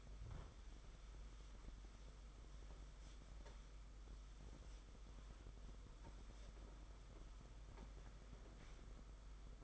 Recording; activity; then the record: daily activity, microphone in the room; wipe stove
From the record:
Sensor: 5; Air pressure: 991.6 hPa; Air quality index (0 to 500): 129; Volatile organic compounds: 64 ppm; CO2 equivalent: 3463 ppm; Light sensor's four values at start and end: 34/104/41/43 and 34/103/40/43